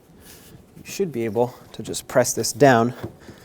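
Someone talks while a new plastic/rubber door window belt molding for a 1995-2004 Toyota Tacoma, its tab already behind the lip, is handled over the truck door frame, ready to be pressed down so its clips lock in. Nothing has seated or clicked yet.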